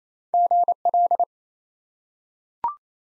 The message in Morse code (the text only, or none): GL